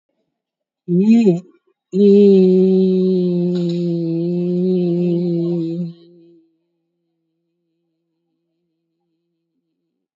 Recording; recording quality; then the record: sustained vowel as in beet; excellent, no background noise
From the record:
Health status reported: COVID-19 positive, moderate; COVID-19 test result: positive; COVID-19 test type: RT-PCR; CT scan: taken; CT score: 5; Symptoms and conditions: cough, cold, breathing difficulty, fever, fatigue, muscle pain, loss of smell and taste, diarrhoea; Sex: female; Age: 65 years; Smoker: no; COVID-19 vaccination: one dose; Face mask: worn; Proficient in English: yes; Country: India